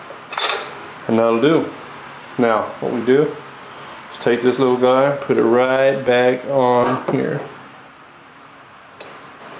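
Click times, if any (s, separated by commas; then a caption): 9.0 s. After a spark plug is changed on a lawn mower engine, someone talks while the rubber spark plug wire boot is pushed back onto the new plug's terminal. A short snap is heard at 9.0 s as the boot seats on the plug.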